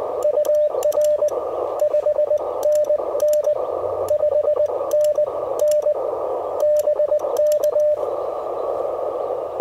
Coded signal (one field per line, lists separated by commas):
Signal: Morse code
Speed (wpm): 19 wpm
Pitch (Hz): 600 Hz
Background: radio noise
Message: UR 5NN 5NN BK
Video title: Relaxing POTA Therapy: Taking the amazing Mission RGO One to the Field!